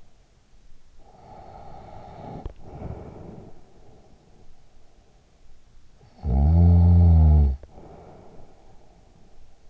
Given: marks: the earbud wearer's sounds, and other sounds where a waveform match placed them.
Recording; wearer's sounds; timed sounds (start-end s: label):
sounds in sleep by an in-ear microphone; breath, snoring breath
0.70-4.27 s: breath
5.73-9.70 s: snoring breath